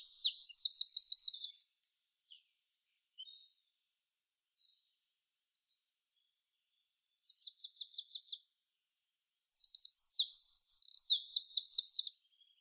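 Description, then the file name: Eurasian wren song, a clipped burst at the start, a quieter trill midway, then a full loud phrase of shrill rapid trills near the end. "Troglodytes troglodytes"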